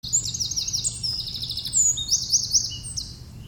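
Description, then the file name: Eurasian wren song, a loud rapid stream of high trills and sharp notes running continuously for over three seconds, with a low steady hum beneath. "Troglodytes troglodytes"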